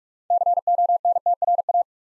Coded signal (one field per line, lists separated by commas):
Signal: Morse code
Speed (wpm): 44 wpm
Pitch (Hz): 700 Hz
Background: none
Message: CONTRA